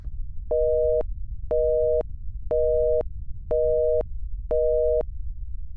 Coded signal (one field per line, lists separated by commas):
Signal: telephone call progress tone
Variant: North America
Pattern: busy tone